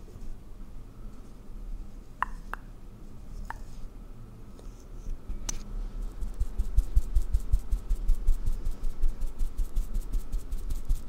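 Makeup being applied to a face, heard from the wearer's point of view. A low steady rumble runs under a few sharp clicks and taps in the first half, then from about six seconds a quick, regular brushing or dabbing rhythm continues to the end.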